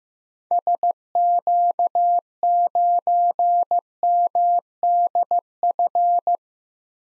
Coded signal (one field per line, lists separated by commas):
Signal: Morse code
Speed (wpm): 15 wpm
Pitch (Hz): 700 Hz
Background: none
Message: SQ9MDF